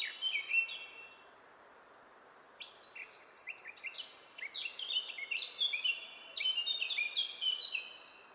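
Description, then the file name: Eurasian blackcap song: the tail of one warbled phrase, a short pause, then a long, rich, rapid phrase of mixed high whistles and chirps. "Sylvia atricapilla"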